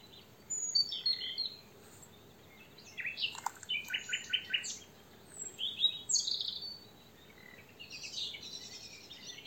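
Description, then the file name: Common nightingale singing a run of varied phrases, rich in sharp high whistles, crisp repeated chips and rattling trills, with short pauses between phrases. "Luscinia megarhynchos"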